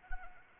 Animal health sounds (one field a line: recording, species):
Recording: mosquito wingbeat signal from an infrared sensor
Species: Anopheles arabiensis